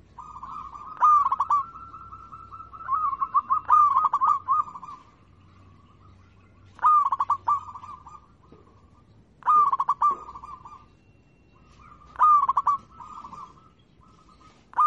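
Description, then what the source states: Zebra dove song of stuttered, staccato coos in phrases about every three seconds, linked by quieter continuous cooing, with a faint low hum underneath. Local-type (lokal) zebra dove song (kicau).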